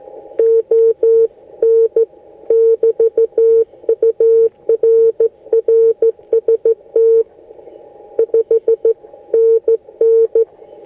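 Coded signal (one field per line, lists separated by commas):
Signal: Morse code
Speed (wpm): 14 wpm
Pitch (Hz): 450 Hz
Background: none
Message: ON <BT> UR RST 5NN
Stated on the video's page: CW contact on 28.050 MHz, QRP 5 W mobile with Yaesu 817ND and MFJ 1610 antenna, sent on a homemade key built from bicycle parts.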